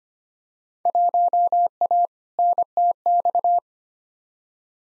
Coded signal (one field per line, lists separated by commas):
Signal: Morse code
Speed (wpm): 25 wpm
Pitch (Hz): 700 Hz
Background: none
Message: 1A NTX